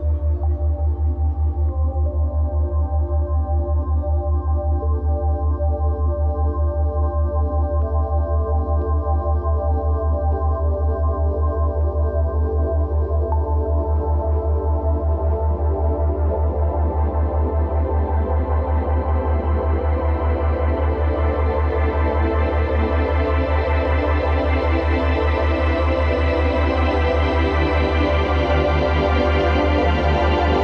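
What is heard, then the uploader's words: Binaural ambience of steady layered drones over a heavy low hum, its upper tones slowly brightening and thickening across the half minute. Full-spectrum binaural ambience.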